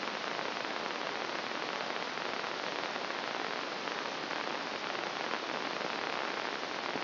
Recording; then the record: brain microelectrode recording played as sound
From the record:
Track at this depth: outside the subthalamic nucleus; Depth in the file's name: 0.942 mm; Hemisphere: left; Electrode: 2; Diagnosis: Parkinson's disease